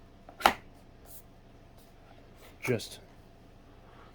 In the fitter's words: and clicks into place.